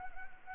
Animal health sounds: mosquito wingbeat signal from an infrared sensor; Anopheles arabiensis

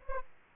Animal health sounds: mosquito wingbeat signal from an infrared sensor; Culex quinquefasciatus

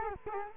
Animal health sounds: mosquito wingbeat signal from an infrared sensor; Culex quinquefasciatus

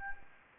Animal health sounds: mosquito wingbeat signal from an infrared sensor; Anopheles gambiae

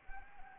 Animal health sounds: mosquito wingbeat signal from an infrared sensor; Anopheles arabiensis

